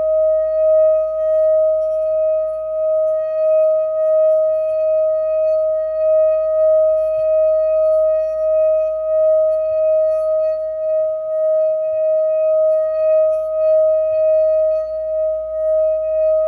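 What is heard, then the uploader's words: A singing bowl rings out a single sustained D#/Eb tone that holds steady and unbroken for the whole stretch, with a fainter, higher overtone humming above it. A soft low rumble sits underneath, and the volume gently wavers without ever fading. For this episode, we are working with our beloved singing bowl.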